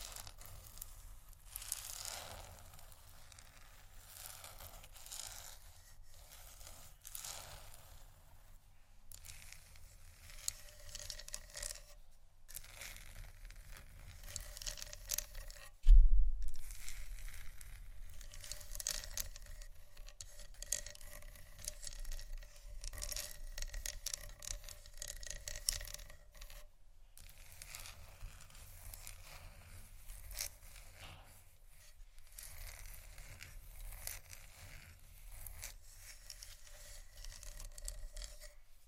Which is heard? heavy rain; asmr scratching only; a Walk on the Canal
asmr scratching only